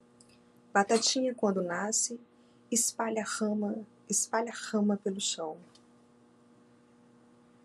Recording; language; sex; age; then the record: short text; Brazilian Portuguese; female; 40 to 49 years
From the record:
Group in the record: control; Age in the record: 40 years